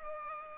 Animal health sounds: mosquito wingbeat signal from an infrared sensor; Culex pipiens

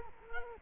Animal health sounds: mosquito wingbeat signal from an infrared sensor; Culex quinquefasciatus

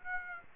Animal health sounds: mosquito wingbeat signal from an infrared sensor; Aedes aegypti

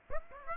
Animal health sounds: mosquito wingbeat signal from an infrared sensor; Aedes aegypti

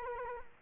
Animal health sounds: mosquito wingbeat signal from an infrared sensor; Culex quinquefasciatus

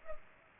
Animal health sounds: mosquito wingbeat signal from an infrared sensor; Culex pipiens

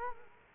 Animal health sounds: mosquito wingbeat signal from an infrared sensor; Culex quinquefasciatus

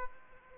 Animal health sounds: mosquito wingbeat signal from an infrared sensor; Aedes aegypti

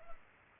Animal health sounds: mosquito wingbeat signal from an infrared sensor; Culex pipiens

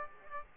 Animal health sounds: mosquito wingbeat signal from an infrared sensor; Aedes aegypti

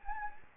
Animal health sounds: mosquito wingbeat signal from an infrared sensor; Anopheles gambiae

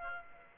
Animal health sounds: mosquito wingbeat signal from an infrared sensor; Aedes aegypti

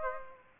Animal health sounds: mosquito wingbeat signal from an infrared sensor; Aedes aegypti

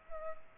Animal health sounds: mosquito wingbeat signal from an infrared sensor; Culex pipiens

